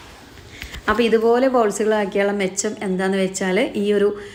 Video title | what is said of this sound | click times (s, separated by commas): ചപ്പാത്തി മാവ് സേവനാഴിയിൽ ഇടൂ അൽബുദപ്പെടുത്തും രുചിയിൽ അടിപൊളി ഐറ്റം | ദാ നമുക്ക്ഇത് ലോക്ക് ചെയ്തു കൊടുക്കാം ട്ടോ | 0.6 s